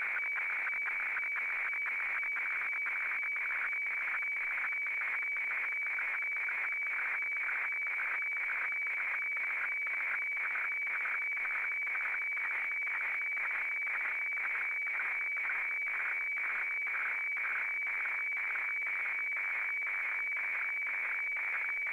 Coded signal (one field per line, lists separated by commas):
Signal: weather fax (radiofax)